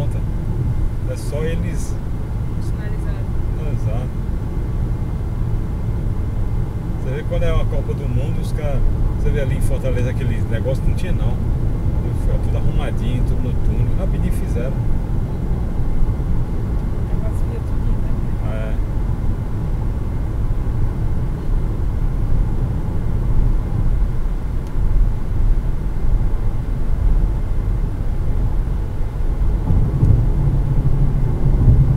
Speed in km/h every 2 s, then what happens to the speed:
109, 112, 113, 116, 118, 121, 124, 127, 128, 127, 126, 127, 128, 129, 130, 132.
0-15 speeds up to 128. 15-32 steady at about 128.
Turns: none.